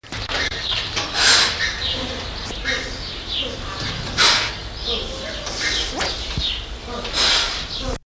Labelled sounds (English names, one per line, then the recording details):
Hoffmann's Two-toed Sloth hissing
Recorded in captivity
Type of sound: hiss
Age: adult
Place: Zoo Halle, Sachsen-Anhalt, DE
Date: 1993-04-26 17:22
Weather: fair, 26°C
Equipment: Sony WM-D6C, Sony ECM-939 LT, Kopie Uher Variocord 263
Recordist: Tembrock, Günter
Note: Abwehrfauchen. Abstand: 0,3 m